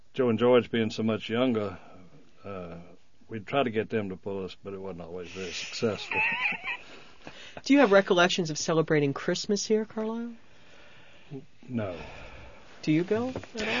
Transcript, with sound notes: Joe and George being so much younger, we'd try to get them to pull us but it wasn't always very successful. (laughs)
Do you have recollections of celebrating Christmas here, Carlisle?
No.
Do you, Bill, at all?